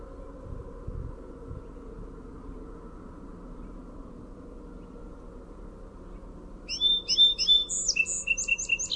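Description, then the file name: Song sparrow song near the end: quick repeated opening notes followed by a run of rapid chips, after a long stretch of low hum. "SOSP song"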